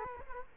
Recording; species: mosquito wingbeat signal from an infrared sensor; Culex quinquefasciatus